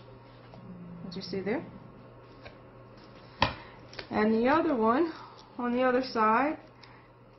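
The strap end of an Amonax double-sided plastic core-slider gliding disc is pulled through its slot until it locks, with a sharp click at 3.4 s. Someone talks before and after the click, and the strap is seated in the disc slot.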